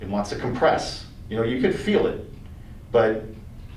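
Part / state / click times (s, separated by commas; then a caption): spring steel push-in clip into panel hole / not seated / none. Someone talks while handling an ARaymond Tinnerman spring-steel push-in clip, pressing its legs so they compress as it is pushed into a rectangular panel hole. Nothing has seated or clicked yet; the legs have not cleared the panel to spring back out and lock.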